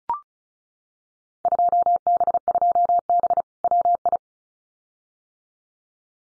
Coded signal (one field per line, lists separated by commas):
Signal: Morse code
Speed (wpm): 34 wpm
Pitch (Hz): 700 Hz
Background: none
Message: 2B2B WI